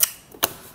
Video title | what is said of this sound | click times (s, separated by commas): Unboxing the VA2447-MH 24" Full HD LED Backlit Display | just like that it'll click into place | 0.4 s